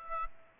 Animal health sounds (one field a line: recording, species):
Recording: mosquito wingbeat signal from an infrared sensor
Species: Aedes albopictus